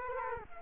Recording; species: mosquito wingbeat signal from an infrared sensor; Culex quinquefasciatus